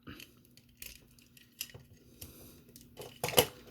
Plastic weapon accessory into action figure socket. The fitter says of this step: For some reason, it's connected, but it won't click.